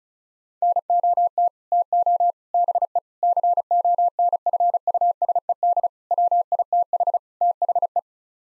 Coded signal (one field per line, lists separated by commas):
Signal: Morse code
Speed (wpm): 34 wpm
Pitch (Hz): 700 Hz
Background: none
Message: NOT TO BE CONFUSED WITH THE